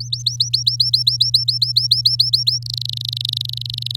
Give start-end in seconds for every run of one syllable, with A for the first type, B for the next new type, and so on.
0.00-2.59 A, 2.62-3.96 B